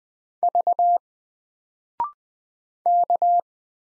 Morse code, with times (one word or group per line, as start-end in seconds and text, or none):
0.4-1.0 V
2.9-3.4 K